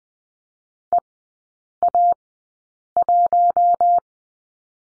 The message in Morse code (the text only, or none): EA1